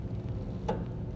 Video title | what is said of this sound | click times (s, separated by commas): etrailer - Mount: Air Lift Ride Control Air Helper Springs on a 2009 Ford F-150 | And then we're going to push it into the elbow. You'll feel it click in nice and solid down there. | 0.7 s